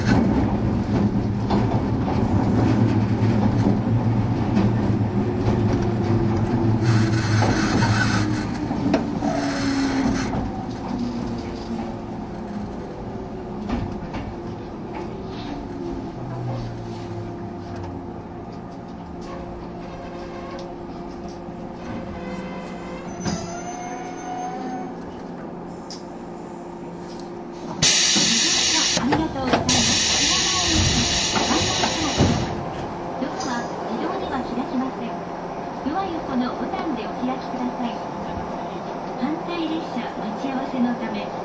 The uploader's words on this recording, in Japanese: 103系 播但線普通 01/01:姫路～寺前。播但線＂の列車走行音。